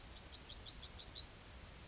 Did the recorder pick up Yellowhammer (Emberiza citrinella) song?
yes